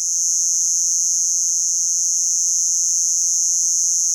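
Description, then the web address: Robust conehead katydid song, a sustained high, sizzling drone at constant volume throughout. "Crickets and Katydids. Robust Conehead Katydid, Neoconocephalus robustus"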